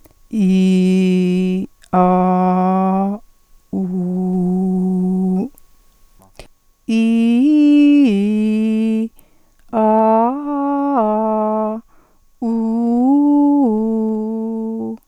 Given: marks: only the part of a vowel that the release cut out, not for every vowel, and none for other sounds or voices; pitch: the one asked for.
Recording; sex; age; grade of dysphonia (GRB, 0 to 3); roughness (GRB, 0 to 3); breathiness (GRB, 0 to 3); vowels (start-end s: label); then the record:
sustained vowels; female; 50 to 59 years; 1; 0; 0
0.44-1.53 s: vowel /i/, low pitch
2.00-3.02 s: vowel /a/, low pitch
4.19-5.38 s: vowel /u/, low pitch
6.98-8.96 s: vowel /i/, low-high-low pitch
10.62-11.68 s: vowel /a/, low-high-low pitch
12.59-14.67 s: vowel /u/, low-high-low pitch
From the record:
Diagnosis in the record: hypofunctional dysphonia, contact pachydermia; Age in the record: 56 years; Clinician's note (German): Leichte Form der hypofunktionellen Dysph.